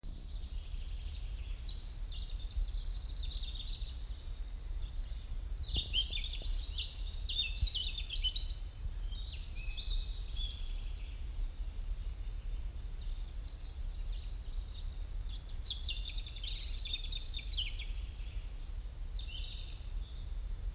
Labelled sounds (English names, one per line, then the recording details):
European Robin song
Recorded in the wild
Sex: male
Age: adult
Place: Mühlenbecker Wald, Brandenburg, DE
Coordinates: 52.6894, 13.395
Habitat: pine and beech stand
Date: 1975-05-11 11:23
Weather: overcast, 20°C, no wind
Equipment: Uher CR 210, Sennheiser MD 421, Verstärker, Kopie Uher 4200
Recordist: Tembrock, Günter